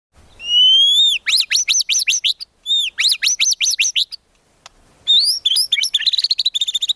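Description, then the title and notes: White-rumped shama song: a rising whistle followed by rapid bursts of steep repeated chirps, the pattern repeated after a short pause, then after another pause a fast varied run of sharp notes. Long-duration song used as a lure for trapping. "Pikat Murai Batu Durasi Panjang. Burung Murai Batu"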